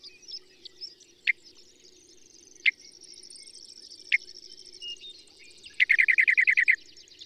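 Bird song: sharp separate chirps about every one and a half seconds, then a fast run of rapid repeated notes, over a steady high insect-like hiss and a low hum.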